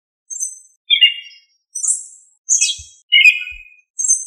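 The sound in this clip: Thrush singing clear whistled notes, short phrases alternating between high and lower pitch, more than one a second with brief silences between them.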